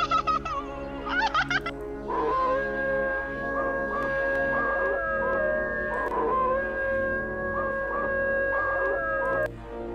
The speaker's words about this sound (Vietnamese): Con chó bị xích ở đầu nhà cứ rú lên từng hồi ghê rợn.